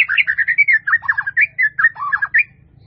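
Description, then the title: White-rumped Shama singing a fast, fluty stream of whistled and warbled notes, varied in pitch. "murai batu"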